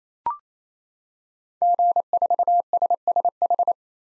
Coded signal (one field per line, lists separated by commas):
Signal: Morse code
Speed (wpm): 27 wpm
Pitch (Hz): 700 Hz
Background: none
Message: G4SSH